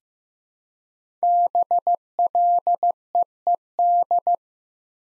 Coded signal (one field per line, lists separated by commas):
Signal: Morse code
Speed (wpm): 15 wpm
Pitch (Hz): 700 Hz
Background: none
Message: BLEED